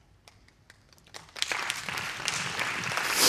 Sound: Audience Applauding